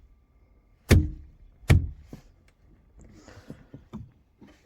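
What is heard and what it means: Interior trim panel retaining clips on a Lotus Emira V6 Manual are pressed by hand into their holes in the car body. Two sharp thunks ring out at 0.9 s and 1.7 s, followed by quieter taps and rustling handling sounds. The clips all push in easily and seat.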